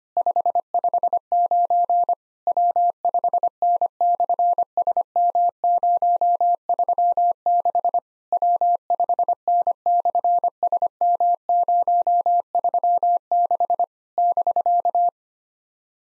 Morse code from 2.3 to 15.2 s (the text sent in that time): W5N/SM036 W5N/SM036 <BK>